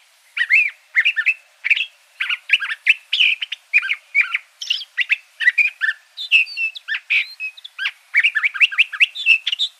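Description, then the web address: Curve-billed thrasher song, a steady stream of short chirped and warbled notes repeated in quick clusters, some phrases rising and falling; quiet background. Recorded in Arizona. "Mimids CBTH. Deviche"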